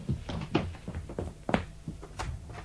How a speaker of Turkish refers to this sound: Dur dur, ben kapıyı açayım.